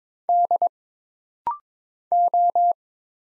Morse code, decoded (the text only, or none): D O